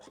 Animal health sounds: pig call; piglet (1 to 25 days)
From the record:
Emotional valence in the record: negative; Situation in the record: long isolation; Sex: female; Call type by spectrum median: low-frequency call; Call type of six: high-frequency stable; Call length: 0.10 s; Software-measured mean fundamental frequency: 196 Hz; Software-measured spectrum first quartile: 533 Hz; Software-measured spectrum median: 1196 Hz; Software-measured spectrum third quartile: 4297 Hz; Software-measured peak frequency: 288 Hz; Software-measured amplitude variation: 97 dB a second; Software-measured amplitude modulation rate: 9.9 a second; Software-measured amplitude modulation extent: 9.8 dB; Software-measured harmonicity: 0.5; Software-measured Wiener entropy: -1.95

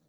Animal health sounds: pig call; piglet (1 to 25 days)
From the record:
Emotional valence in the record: positive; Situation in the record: short reunion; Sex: male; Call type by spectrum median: low-frequency call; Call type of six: low-frequency stable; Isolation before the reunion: 3 minutes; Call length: 0.09 s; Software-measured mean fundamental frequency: 77 Hz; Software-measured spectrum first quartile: 236 Hz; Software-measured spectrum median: 888 Hz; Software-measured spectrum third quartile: 9469 Hz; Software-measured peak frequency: 152 Hz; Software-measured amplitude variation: 28 dB a second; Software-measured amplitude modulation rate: 5.5 a second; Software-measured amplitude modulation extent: 5.1 dB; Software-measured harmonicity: 8.0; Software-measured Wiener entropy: -3.32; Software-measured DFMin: 1170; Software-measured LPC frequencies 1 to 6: 4229, 5849, 6877, 8470, 9257, 10159 Hz

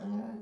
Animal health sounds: pig call; piglet (1 to 25 days)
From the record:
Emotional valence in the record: negative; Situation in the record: long isolation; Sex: male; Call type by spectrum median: low-frequency call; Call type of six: low-frequency stable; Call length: 0.42 s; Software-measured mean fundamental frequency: 71 Hz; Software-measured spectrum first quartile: 208 Hz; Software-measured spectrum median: 247 Hz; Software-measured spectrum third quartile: 481 Hz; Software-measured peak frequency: 214 Hz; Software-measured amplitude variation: 103 dB a second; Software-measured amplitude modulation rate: 13.1 a second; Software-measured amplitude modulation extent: 7.9 dB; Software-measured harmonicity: 10.4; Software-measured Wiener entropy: -0.33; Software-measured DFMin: 726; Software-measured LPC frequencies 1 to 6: 1657, 3160, 4789, 5636, 6572, 8119 Hz

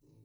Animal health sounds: pig call; weaner (32 to 43 days)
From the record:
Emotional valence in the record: negative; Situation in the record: restrain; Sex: male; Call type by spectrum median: low-frequency call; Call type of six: low-frequency stable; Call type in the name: low-frequency stable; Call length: 0.24 s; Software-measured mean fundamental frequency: 53 Hz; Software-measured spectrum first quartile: 122 Hz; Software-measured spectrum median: 247 Hz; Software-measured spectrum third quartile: 642 Hz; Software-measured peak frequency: 128 Hz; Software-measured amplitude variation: 136 dB a second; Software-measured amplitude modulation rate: 22.5 a second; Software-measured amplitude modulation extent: 6.1 dB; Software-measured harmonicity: 3.2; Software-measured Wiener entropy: 0.46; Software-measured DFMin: 678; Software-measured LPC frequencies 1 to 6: 292, 2613, 3967, 4540, 5324, 6312 Hz

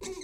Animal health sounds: pig call; weaner (32 to 43 days)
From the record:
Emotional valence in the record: negative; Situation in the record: novel object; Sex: female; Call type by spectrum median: low-frequency call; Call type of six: high-frequency stable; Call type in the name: high-frequency stable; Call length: 0.23 s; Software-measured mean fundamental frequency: 370 Hz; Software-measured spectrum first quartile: 378 Hz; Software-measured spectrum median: 1367 Hz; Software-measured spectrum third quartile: 5466 Hz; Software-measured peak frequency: 378 Hz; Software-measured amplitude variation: 141 dB a second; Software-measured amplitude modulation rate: 23.6 a second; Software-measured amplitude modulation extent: 6.0 dB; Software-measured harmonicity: 7.5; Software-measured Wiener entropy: -3.16

